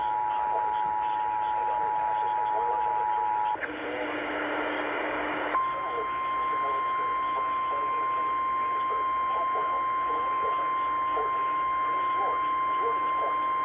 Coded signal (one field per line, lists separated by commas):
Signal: Emergency Alert System (SAME) tones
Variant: 853 and 960 Hz attention tone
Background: speech